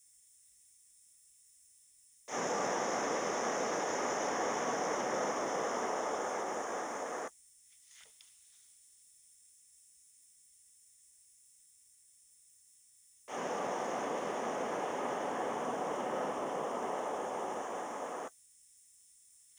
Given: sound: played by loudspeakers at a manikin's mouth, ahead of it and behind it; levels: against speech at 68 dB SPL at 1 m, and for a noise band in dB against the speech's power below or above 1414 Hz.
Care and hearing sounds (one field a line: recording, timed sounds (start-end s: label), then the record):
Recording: test signals for a remote microphone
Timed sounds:
2.28-7.28 s: speech-spectrum noise from the mouth, facing ahead
13.28-18.28 s: speech-spectrum noise from the mouth, turned 45 degrees right
From the record:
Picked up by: remote microphone D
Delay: 24 ms